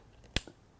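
A multi-function cable connector is pushed into the bottom socket of an Alientech KESS3 ECU programming tuning tool. After a faint sound at 0.3 s, a sharp click comes at 0.4 s, followed by a softer knock around 0.5 s. The connector seats securely in the socket.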